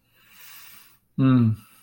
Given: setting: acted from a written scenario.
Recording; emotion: vocal sound without words; romantic love